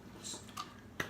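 A plastic gimbal lock is pushed onto the underside of a Mavic Pro drone's camera gimbal. A soft tick at 0.6 s is followed by a sharp click at 1.0 s as the lock snaps into place and holds the gimbal solid.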